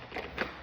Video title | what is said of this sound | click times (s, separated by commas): How to Install an Alta Vertical Honeycomb or Vertiglide shade | it did. See, it's not clicking. | none